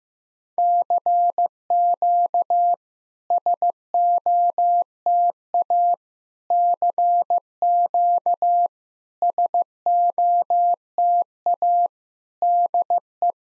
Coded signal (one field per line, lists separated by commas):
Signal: Morse code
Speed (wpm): 15 wpm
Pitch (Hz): 700 Hz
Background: none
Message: CQ SOTA CQ SOTA DE